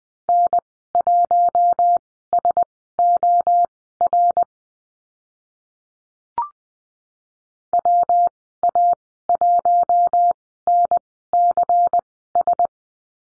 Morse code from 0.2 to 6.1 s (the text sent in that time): N1SOR